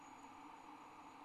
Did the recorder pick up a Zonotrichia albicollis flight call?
no